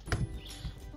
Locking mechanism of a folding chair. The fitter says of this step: and then you can you can set that up to disassemble you just un unclick it again